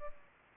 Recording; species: mosquito wingbeat signal from an infrared sensor; Culex pipiens